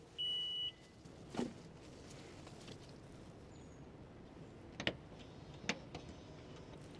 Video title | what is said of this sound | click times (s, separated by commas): Is the Lexus RX400h worth it in 2026? | It clicks right into place. | 4.9 s